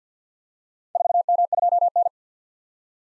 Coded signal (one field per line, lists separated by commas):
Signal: Morse code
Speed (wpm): 53 wpm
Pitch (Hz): 700 Hz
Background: none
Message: 4M2N